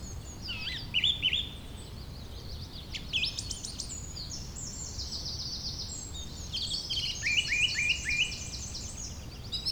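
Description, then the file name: Bird song from several birds, a mix of quick high chirps, twittering phrases and short rising whistles overlapping throughout, over a low background rumble. "beautiful Birdsong"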